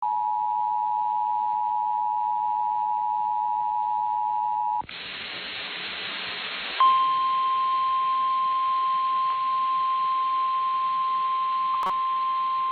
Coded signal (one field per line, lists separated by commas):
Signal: Emergency Alert System (SAME) tones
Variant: 853 and 960 Hz attention tone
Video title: EAS Tornado Warning for Garrettsville, Ohio. circa 2024?